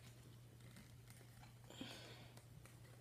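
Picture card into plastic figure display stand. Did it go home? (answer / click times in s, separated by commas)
no / none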